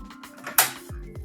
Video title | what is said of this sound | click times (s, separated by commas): 🔴 Helado Casero de Mamey o Zapote Rojo en la Ninja CREAMi | until it clicks, we turn on our Ninja CREAMi, | 0.6 s